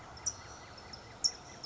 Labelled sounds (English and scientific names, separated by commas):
California Towhee (Melozone crissalis)